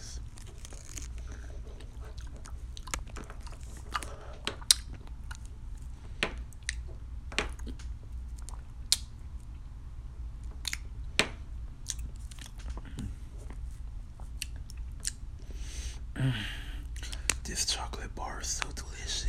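A person eats a chocolate bar, with irregular sharp snaps and crunches scattered every second or so among softer chewing and mouth sounds. A low steady hum sits underneath throughout, and a brief rustling burst comes around sixteen seconds.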